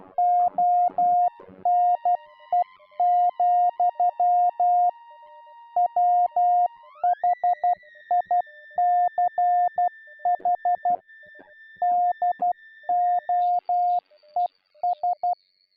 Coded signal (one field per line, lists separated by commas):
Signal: Morse code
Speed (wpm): 12 wpm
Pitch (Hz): 710 Hz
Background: music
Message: ONE, WHICH DOES